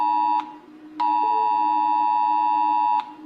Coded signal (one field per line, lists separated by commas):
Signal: Emergency Alert System (SAME) tones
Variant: 853 and 960 Hz attention tone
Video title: People are rating EAS alarms, so I decided to rate them too (TW: ALARMS)